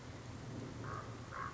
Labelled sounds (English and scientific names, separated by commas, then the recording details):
Common Raven (Corvus corax)
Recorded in Sonoma County, California